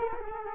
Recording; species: mosquito wingbeat signal from an infrared sensor; Culex quinquefasciatus